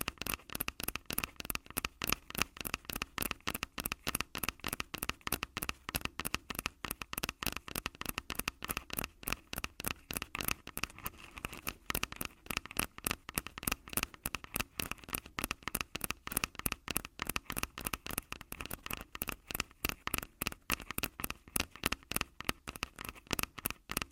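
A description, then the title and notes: Fingers tap on a microphone in a fast, even rhythm, about four or five sharp knocks each second, with a brief uneven patch near the middle. Each tap is close and crisp, with a dull thump underneath, and near silence falls between hits. ASMR 1 Hour Mic Tapping (No Talking).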